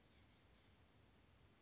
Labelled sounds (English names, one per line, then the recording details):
Oak Titmouse
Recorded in Sonoma County, California